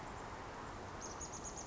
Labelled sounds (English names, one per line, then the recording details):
Chestnut-backed Chickadee
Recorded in Sonoma County, California